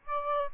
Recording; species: mosquito wingbeat signal from an infrared sensor; Aedes aegypti